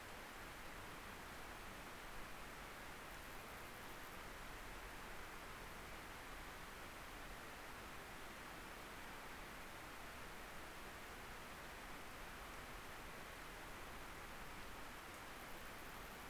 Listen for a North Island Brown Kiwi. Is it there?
no